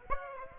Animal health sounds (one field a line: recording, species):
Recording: mosquito wingbeat signal from an infrared sensor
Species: Aedes aegypti